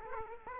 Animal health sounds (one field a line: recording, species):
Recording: mosquito wingbeat signal from an infrared sensor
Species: Aedes aegypti